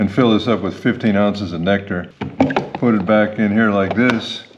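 Someone talks while a filled plastic nectar reservoir holding 15 oz of nectar is handled and pushed back toward the base of a Birdfy Hum hummingbird feeder. Faint handling noises sit beneath the speech, and the clip ends before the reservoir goes home, so nothing has seated or clicked yet.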